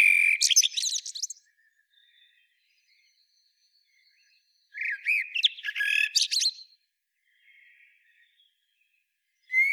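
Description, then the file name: Eurasian blackbird singing: two phrases, each a squeaky, high twittering flourish over lower fluted notes, separated by soft quiet warbling; a third phrase begins at the end. "Turdus merula"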